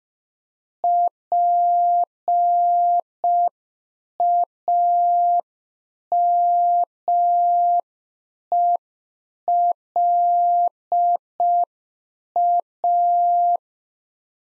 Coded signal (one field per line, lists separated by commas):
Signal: Morse code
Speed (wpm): 5 wpm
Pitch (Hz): 700 Hz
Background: none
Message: PAMELA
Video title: Practice QSO - Exchange 1- Beginning - 5wpm